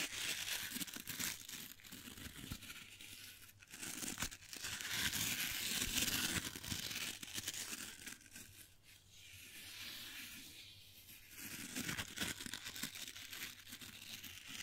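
Gentle brushing fills the clip with a soft, dense swishing hiss that rises and falls in slow waves, loudest around the middle seconds and easing near nine and eleven seconds. Faint crinkly, crackling textures and a low steady hum sit underneath throughout.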